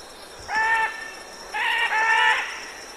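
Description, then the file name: Military macaw calls: two harmonic, nasal squawks, the first short and the second longer, over faint background hiss. "canto da arara militar"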